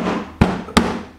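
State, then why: Seated. A plastic engine bay cover on a Can-Am X3, slid over the poles during its first 500-mile oil change service, is pressed down so its two nubs snap into two rubber grommets. Two sharp snaps are heard at 0.4 s and 0.8 s over a low background hum. The cover is seated and locked in place.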